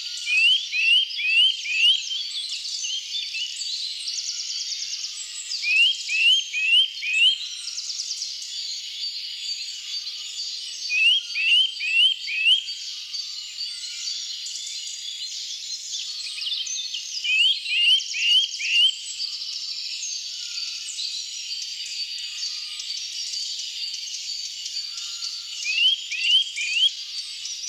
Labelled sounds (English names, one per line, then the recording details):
Eurasian Nuthatch song
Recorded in the wild
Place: Waltershofen / Freiburg im Breisgau, Baden-Württemberg, DE
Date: 2009-04-10
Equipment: MiniDisc Sharp MT 20 H
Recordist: Schwarz, Dieter